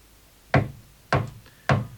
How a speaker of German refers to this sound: ging hinaus, klopfte an.